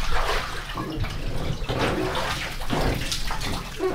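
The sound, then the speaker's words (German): Steady pouring and splashing water runs without a break as a researcher on board a boat taps seawater, sampled over a 17-metre water column, into small bottles, with a few faint clinks and gurgles on top. “Noch an Bord zapft der Forscher das geschöpfte Wasser in kleine Fläschchen ab.”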